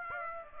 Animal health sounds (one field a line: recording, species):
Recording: mosquito wingbeat signal from an infrared sensor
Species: Aedes aegypti